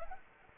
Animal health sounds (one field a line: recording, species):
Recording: mosquito wingbeat signal from an infrared sensor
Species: Anopheles arabiensis